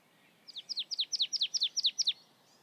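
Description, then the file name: Marsh tit giving a rapid series of about eight paired, sharply falling high notes, steady and evenly spaced, over light background hiss. "Poecile palustris"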